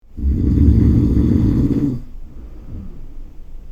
Snoring.